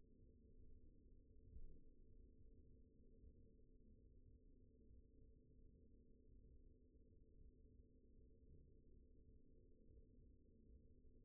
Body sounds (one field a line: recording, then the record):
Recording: forearm muscle sounds (acoustic myography)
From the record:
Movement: pen grasping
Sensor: system 2, bracelet of six BSWA MPA416 microphones around the upper forearm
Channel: 6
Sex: male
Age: 22 years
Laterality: right